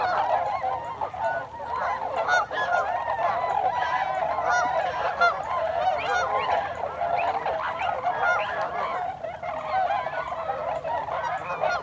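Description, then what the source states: Tundra swan flock giving steady overlapping bugling hoots, many birds calling at once in an unbroken, busy chorus. Several tundra swans recorded on 26 December 2020.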